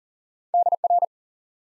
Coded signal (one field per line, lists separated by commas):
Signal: Morse code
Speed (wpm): 40 wpm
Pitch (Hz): 700 Hz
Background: none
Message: DR